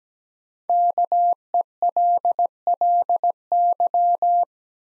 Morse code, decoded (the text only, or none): KELLY